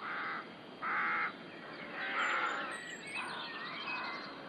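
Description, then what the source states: Rooks calling with coarse, rasping caws, two sharp ones at the start followed by longer, blurred calls and a brief high whistle. Rookery in the UK.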